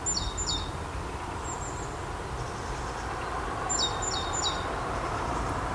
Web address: SETE Parus major